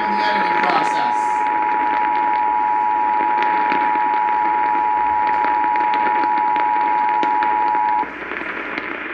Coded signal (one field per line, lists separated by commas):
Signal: Emergency Alert System (SAME) tones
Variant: 853 and 960 Hz attention tone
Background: speech